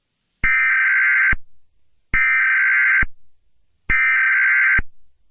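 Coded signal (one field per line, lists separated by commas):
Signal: Emergency Alert System (SAME) tones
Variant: header bursts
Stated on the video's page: Mock alert scenario using borrowed tones, not a real broadcast.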